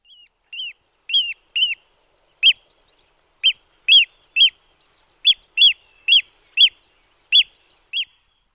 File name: ústřičník-velký